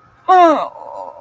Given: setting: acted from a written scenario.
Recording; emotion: vocal sound without words; sadness